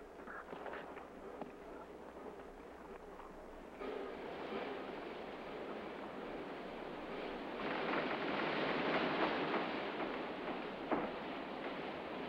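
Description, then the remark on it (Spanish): A North American train rolls along the railway in a steady, hissing rumble that swells louder in two stages, with faint clatter and no voices. “No podremos pasar con el tren.”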